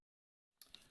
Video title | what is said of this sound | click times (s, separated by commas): Déballage lunette de tir 3 7x20 goodlukebuy.com | c'est bon j'ai réussi à la à clipser la lune est donc | 0.6 s, 0.8 s